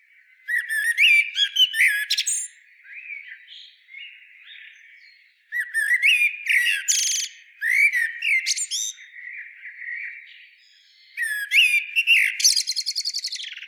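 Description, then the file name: Common blackbird with three bursts of high, hurried chirping and buzzy notes, the first two each followed by quieter wavering tones before the next burst. "Turdus merula"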